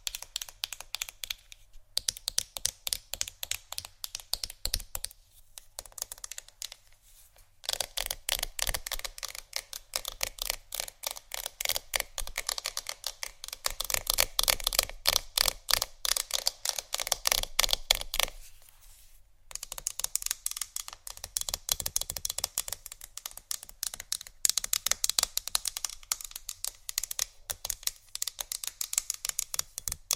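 Fast tapping on hard surfaces, a dense stream of sharp, bright clicks like rapid typing. The rhythm runs in bursts with brief pauses near 2, 5, 7 and 19 seconds, then resumes at a similar quick pace with some louder stretches in the middle.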